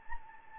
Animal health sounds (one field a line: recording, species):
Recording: mosquito wingbeat signal from an infrared sensor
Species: Anopheles gambiae